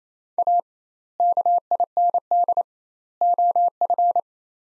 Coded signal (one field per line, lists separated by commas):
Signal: Morse code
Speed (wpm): 27 wpm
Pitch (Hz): 700 Hz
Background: none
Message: A KIND OF